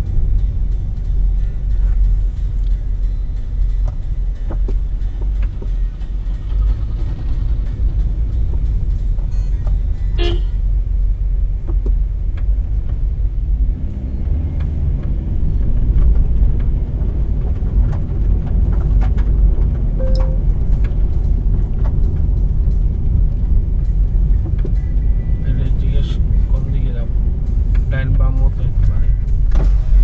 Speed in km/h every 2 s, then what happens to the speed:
15, 11, 9, 9, 14, 11, 13, 18, 30, 33, 33, 24, 23, 25, 9.
0-3 slows to 9. 3-11 steady at about 9. 11-20 speeds up to 33. 20-22 brakes to 24. 26-28 brakes to 9.